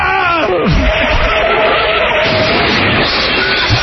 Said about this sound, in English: You should have faked a car wreck. That would have been so funny. That would have been great.